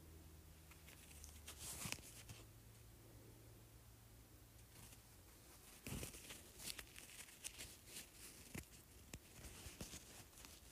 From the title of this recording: ASMR Felt Circle